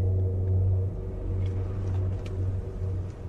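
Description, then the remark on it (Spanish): A car's steady low engine rumble drones on as it drives along a road at night, a little past one in the morning, returning from the village of Pesaguero in the Liébana region, with a constant deep hum and faint intermittent hiss from tires and wind. “Al volante de mi coche regresaba de Pesaguero, el pueblo de mi mujer, situado en la maravillosa comarca del Liébana.”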